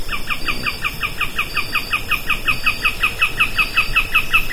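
Bird calling in a fast, even series of short down-slurred notes, continuing without a break.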